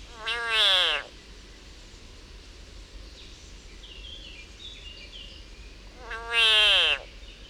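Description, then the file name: Frog distress call: two wailing, harmonic screams, each about a second long, sliding downward in pitch, some five seconds apart over a steady hiss of background noise. Frog in agony. "Yannick Dauby agony of a frog"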